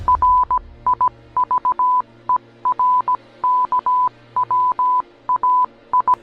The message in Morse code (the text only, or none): RIVERKWAI